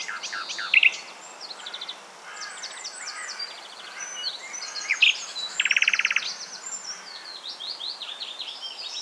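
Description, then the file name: Common nightingale song, a dense run of high chirps, clicking rattles and a loud buzzy trill near six seconds. "Luscinia megarhynchos"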